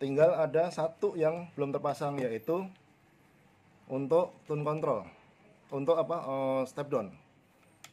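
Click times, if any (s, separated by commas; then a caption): 7.8 s. A man talks while a step-down module's plastic wire connector is pushed into its PCB socket on a mini PAM8403 amplifier board with a potentiometer, built with a socket/knockdown system. After a pause in the talk, a sharp click at 7.8 s marks the connector seating in the socket.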